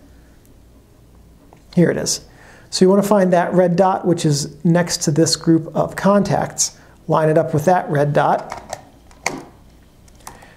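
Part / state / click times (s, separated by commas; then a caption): lens into the bayonet mount of a 35mm SLR body / seated / 10.3 s. Someone talks while a lens is lined up with the red dot beside the group of contacts on a Mamiya ZE-X 35mm film SLR body and turned clockwise in the bayonet mount. A sharp handling knock comes at 9.3 s, then the bayonet lock clicks at 10.3 s and the lens is seated and mounted.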